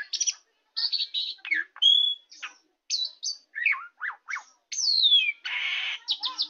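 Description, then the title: Oriental magpie-robin giving separate whistled phrases, some rising and some falling, then a harsh buzzy note near the end. "Kicau Kacer"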